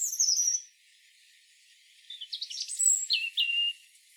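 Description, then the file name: European robin: a long high, thin whistle descending slightly, a pause with faint hiss, then a jumble of sharp notes and two clear hooked whistles. "Erithacus rubecula"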